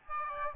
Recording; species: mosquito wingbeat signal from an infrared sensor; Aedes albopictus